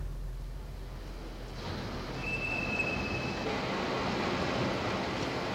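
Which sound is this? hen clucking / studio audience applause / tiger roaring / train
train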